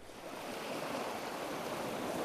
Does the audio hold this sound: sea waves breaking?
yes